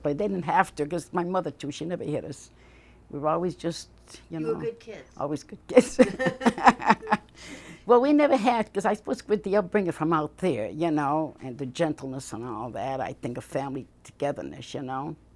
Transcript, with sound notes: They didn't have to, because my mother, too, she never hit us. We were always just, you know.
You were good kids.
Always good kids. ( they laugh ) Well, we never had, because, I suppose with the upbringing from out there, you know, and the gentleness and all that, I think of family togetherness, you know.